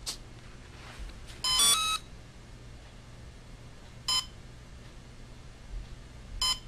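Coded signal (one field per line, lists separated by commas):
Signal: beep code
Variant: brushless ESC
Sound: three quick rising electronic tones, then two single short beeps spaced slowly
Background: low hum, quiet room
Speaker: okay so it's a continual beep but it's a little bit slower okay it's not as fast as the throttle in the middle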